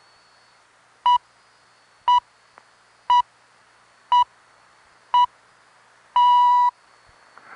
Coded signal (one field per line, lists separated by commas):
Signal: radio time signal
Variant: time pips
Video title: My Introduction to Shortwave Radio pgm. 1, 1968-70